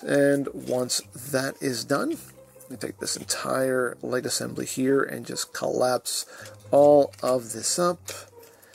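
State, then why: Not seated. Someone talks while collapsing the plastic light assembly sections of a Studio Series '86 Ironhide & Prowl transforming toy robot up together during its car-to-robot transformation, with only faint handling sounds beneath the speech. The clip ends before the sections meet in the middle, and nothing has seated or clicked yet.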